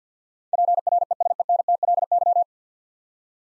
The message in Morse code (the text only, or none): PRESENTLY